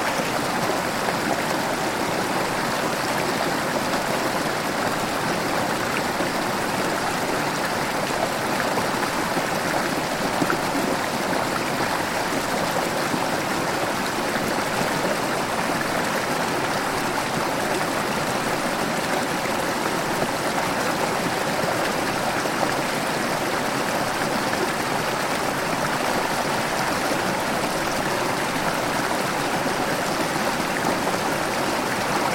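A gentle stream runs steadily through a jungle, its water babbling and trickling at an even level for the whole stretch. The sound is dense, with a bright splashing hiss over a softer low rush and no separate events standing out.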